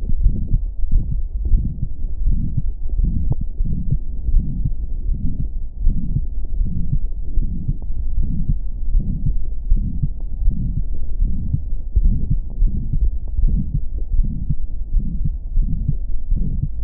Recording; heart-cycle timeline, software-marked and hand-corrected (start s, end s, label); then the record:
heart sounds
0.00	0.17	diastole
0.17	0.33	S1
0.33	0.51	systole
0.51	0.61	S2
0.61	0.91	diastole
0.91	1.03	S1
1.03	1.15	systole
1.15	1.23	S2
1.23	1.51	diastole
1.51	1.65	S1
1.65	1.81	systole
1.81	1.89	S2
1.89	2.25	diastole
2.25	2.41	S1
2.41	2.55	systole
2.55	2.65	S2
2.65	2.97	diastole
2.97	3.09	S1
3.09	3.23	systole
3.23	3.31	S2
3.31	3.61	diastole
3.61	3.73	S1
3.73	3.91	systole
3.91	3.99	S2
3.99	4.27	diastole
4.27	4.43	S1
4.43	4.63	systole
4.63	4.73	S2
4.73	5.07	diastole
5.07	5.19	S1
5.19	5.39	systole
5.39	5.49	S2
5.49	5.83	diastole
5.83	5.97	S1
5.97	6.15	systole
6.15	6.25	S2
6.25	6.59	diastole
6.59	6.73	S1
6.73	6.91	systole
6.91	7.01	S2
7.01	7.37	diastole
7.37	7.49	S1
7.49	7.69	systole
7.69	7.79	S2
7.79	8.19	diastole
8.19	8.31	S1
8.31	8.49	systole
8.49	8.61	S2
8.61	8.91	diastole
8.91	9.05	S1
9.05	9.25	systole
9.25	9.37	S2
9.37	9.69	diastole
9.69	9.83	S1
9.83	10.01	systole
10.01	10.11	S2
10.11	10.43	diastole
10.43	10.55	S1
10.55	10.73	systole
10.73	10.85	S2
10.85	11.19	diastole
11.19	11.33	S1
11.33	11.51	systole
11.51	11.63	S2
11.63	11.97	diastole
11.97	12.15	S1
12.15	12.29	systole
12.29	12.37	S2
12.37	12.63	diastole
12.63	12.77	S1
12.77	12.99	systole
12.99	13.11	S2
13.11	13.45	diastole
13.45	13.61	S1
13.61	13.75	systole
13.75	13.83	S2
13.83	14.13	diastole
14.13	14.27	S1
14.27	14.47	systole
14.47	14.57	S2
14.57	14.93	diastole
14.93	15.05	S1
15.05	15.21	systole
15.21	15.31	S2
15.31	15.57	diastole
15.57	15.69	S1
15.69	15.87	systole
15.87	15.97	S2
15.97	16.29	diastole
16.29	16.41	S1
16.41	16.59	systole
16.59	16.69	S2
16.69	16.84	diastole
From the record:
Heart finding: aortic stenosis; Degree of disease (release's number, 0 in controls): 4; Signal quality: good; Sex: female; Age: 64 years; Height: 1.63 m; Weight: 78 kg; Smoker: no